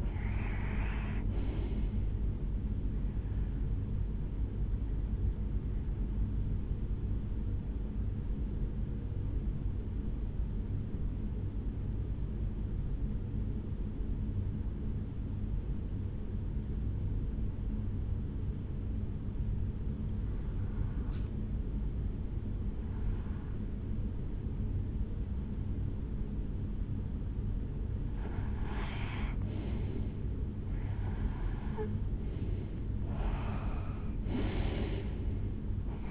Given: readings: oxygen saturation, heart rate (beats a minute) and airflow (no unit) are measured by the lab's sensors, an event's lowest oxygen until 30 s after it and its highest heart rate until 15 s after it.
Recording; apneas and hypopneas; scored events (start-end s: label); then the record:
breathing in sleep by a smartphone at the bedside; 1
6.00-28.90 s: hypopnea (REM, oxygen 96% highest, then 90% lowest, heart rate 70 at the start, 78 highest)
From the record:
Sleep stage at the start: REM sleep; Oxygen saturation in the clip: 89 to 96%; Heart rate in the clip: 63 to 80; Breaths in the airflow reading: 7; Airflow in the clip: -7.2 to 5.0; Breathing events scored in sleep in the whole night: 449 in 7.0 hours asleep